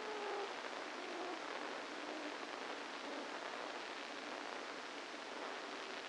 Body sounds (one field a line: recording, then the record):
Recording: brain microelectrode recording played as sound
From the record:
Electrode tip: inside the subthalamic nucleus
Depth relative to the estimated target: -1 mm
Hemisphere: left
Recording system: NeuroSet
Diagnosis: Parkinson's disease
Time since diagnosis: 8 years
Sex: male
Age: 65 years